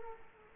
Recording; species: mosquito wingbeat signal from an infrared sensor; Culex quinquefasciatus